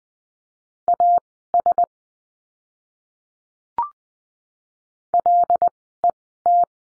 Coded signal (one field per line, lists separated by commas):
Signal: Morse code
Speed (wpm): 20 wpm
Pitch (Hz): 700 Hz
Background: none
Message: AS LET